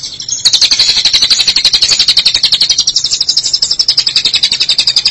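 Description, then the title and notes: Long-tailed Shrike song: a fast, buzzy, high trill of rapidly repeated notes that holds steady for several seconds. Recorded March 2017. "Pentet 201703. Suara burung pentet"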